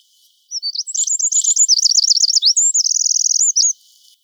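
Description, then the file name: Eurasian wren delivering a shrill, rapid song that runs through quick chirps, wavering trills and a tight buzzy rattle before stopping sharply. "Troglodytes troglodytes"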